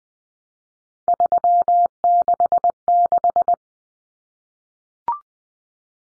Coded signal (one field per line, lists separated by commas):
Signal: Morse code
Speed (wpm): 20 wpm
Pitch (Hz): 700 Hz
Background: none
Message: 366